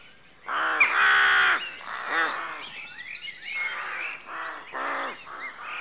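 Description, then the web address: Rooks cawing: a loud hoarse caw near the start, then several shorter harsh caws, with small birds chirping and whistling in the background. Rookery at dawn; rural outdoor atmosphere. "The BBC Sound Effects Library. Rookery Dawn"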